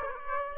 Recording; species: mosquito wingbeat signal from an infrared sensor; Aedes aegypti